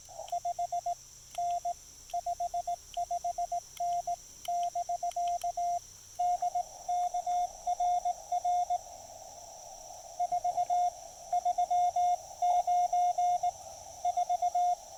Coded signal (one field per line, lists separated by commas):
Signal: Morse code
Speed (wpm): 18 wpm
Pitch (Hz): 690 Hz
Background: radio noise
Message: 5N 55N <BK> DKRR 4 39 4